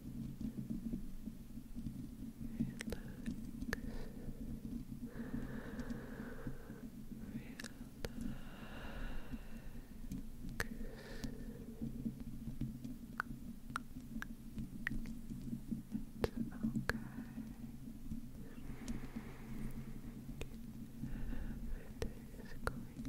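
Slow mic scratching with sharp tongue clicks scattered through the whole stretch, sometimes several in quick succession. Soft whispering drifts in and out in short patches, most clearly around 5–10 seconds and again near 18–20 seconds. A steady low hum runs underneath throughout.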